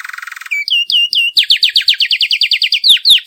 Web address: canary bird